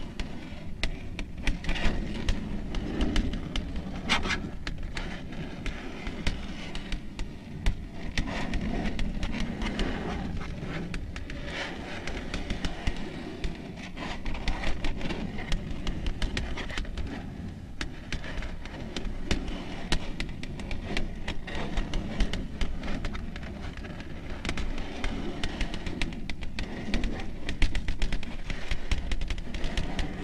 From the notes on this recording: slow, rhythmic long nail tapping and scratching ASMR sounds